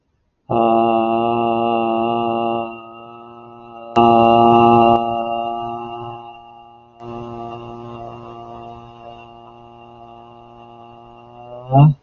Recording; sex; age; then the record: vowel held as long as possible; male; 40 to 49 years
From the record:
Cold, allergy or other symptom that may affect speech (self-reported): no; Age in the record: 40 years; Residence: Massachusetts, United States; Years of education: 18